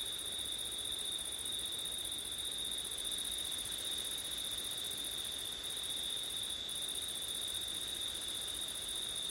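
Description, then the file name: Crickets chirring in an endless high trill, the upper chorus stopping briefly twice, with faint breezy hiss below. Crickets recorded on a September night with wind. "crickets wind september night ortif"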